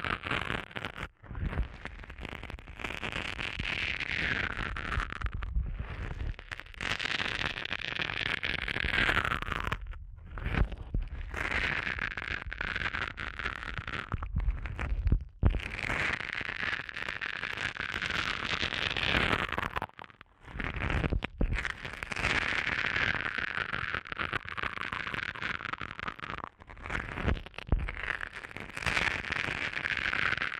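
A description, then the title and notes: Muffled rubbing and crackling, like fingers massaging over the ear. The scratchy rustle is dense and continuous, sweeping in slow waves with a bright hiss, broken by brief near-silent gaps around 10, 15 and 20 seconds. No voice is heard. ASMR Sensitive Eardrum Massage for People Who Can’t Tingle (No Talking).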